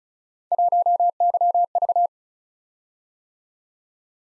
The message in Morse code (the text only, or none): 1YV